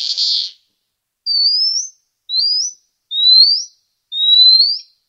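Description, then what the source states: Marmoset monkey calls: one short noisy burst, then four high whistled notes, each sliding upward, spaced about a second apart. Infant on its first day after birth, producing many different sounds at once, some noisy and some like true marmoset calls, in a babbling-like sequence.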